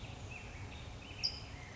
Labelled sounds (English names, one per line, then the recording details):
California Towhee
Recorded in Sonoma County, California